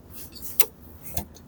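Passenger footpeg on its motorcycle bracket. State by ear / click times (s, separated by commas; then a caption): seated / 0.6 s. The passenger footpeg on the bracket of a Moto Morini X-Cape 700 motorcycle is folded and snaps into its detent position with a sharp, bright click at 0.6 s. A softer, lower knock follows near 1.2 s, with a faint tick around 1.4 s, over low background noise. The footpeg is seated in position.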